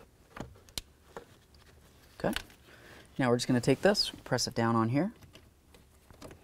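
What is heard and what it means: Wiring is pressed into a small plastic retaining clip on a 1999-2007 Ford F-250 during a shift lever replacement, and it locks in with a sharp click at 0.8 s. Someone talks, and a few faint ticks and taps follow.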